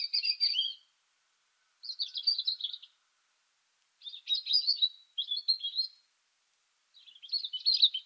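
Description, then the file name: European robin song: five short twittering phrases at a middle-high pitch, each about a second long, separated by brief pauses. "Erithacus rubecula"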